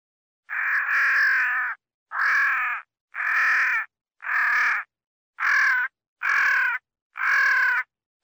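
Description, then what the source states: Crow repeating about eight harsh, nasal caws in quick succession, each roughly half a second to over a second long, nearly one per second. Crow calling while fighting.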